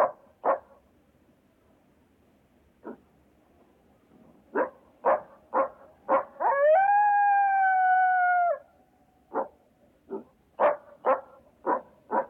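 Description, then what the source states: Fox calling: a run of short rough barks and yelps, broken by a single sustained tonal howl lasting about two seconds, then more rapid yelps. Described as a howl.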